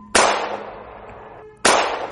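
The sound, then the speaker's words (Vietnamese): Two loud, sharp gunshots roughly a second and a half apart, each a sudden crack that fades into a long, ringing tail. No voices are heard. “Lại 2 phát súng nữa đã vang lên, vẫn còn 1 viên đạn.”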